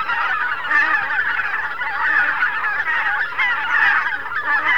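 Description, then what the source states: Greater white-fronted goose: greater white-fronted geese calling en masse, with overlapping high yelps and honks merging into a loud, unbroken clamour. Flocks of thousands flying noisily over a river island.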